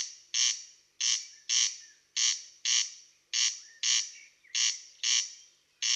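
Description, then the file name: Corn crake calling, rhythmic rasping two-part notes like a comb scraped twice, repeated roughly every second. "derkacz"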